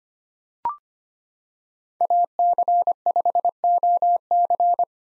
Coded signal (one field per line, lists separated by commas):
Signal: Morse code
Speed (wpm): 25 wpm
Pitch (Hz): 700 Hz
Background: none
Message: AC5OC